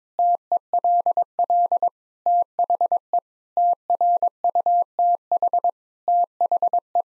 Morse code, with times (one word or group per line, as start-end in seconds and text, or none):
0.2-1.9 TELL
2.3-3.2 THE
3.6-5.7 TRUTH
6.1-7.0 THE